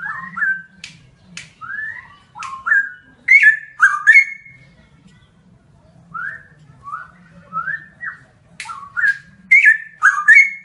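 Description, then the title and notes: Bird song of clear whistled phrases, many sliding and rising, in bursts with sharp clicks between them, plus a low steady hum underneath. "Kicau Burung Lengkap"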